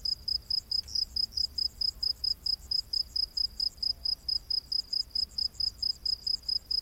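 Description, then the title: Cricket chirping, high pulses repeated in a quick, steady run, with a fainter higher pulsing chorus behind and a low hum underneath. Diverse crickets chorusing at night in humid, lush rainforest. "Crickets of the Rainforest 🌿. Exotic Insect Orchestra"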